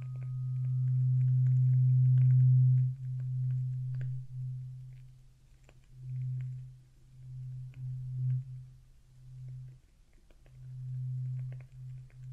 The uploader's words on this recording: ASMR Traditional Chinese Ear Cleaning and Earwax Removal (No Talking).